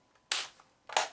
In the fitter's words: It's got a really nice snap.